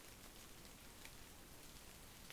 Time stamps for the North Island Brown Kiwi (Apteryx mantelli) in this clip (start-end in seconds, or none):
none